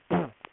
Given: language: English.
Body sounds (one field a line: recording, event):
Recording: throat vibration sensor signal played as sound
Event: throat clearing